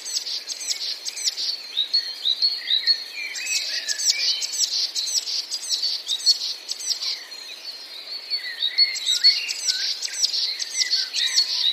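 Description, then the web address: Eurasian blue tit song: repeated fast, high trills in several bursts. "wroblowe teka spiew. wroblowe teka modraszkoteka"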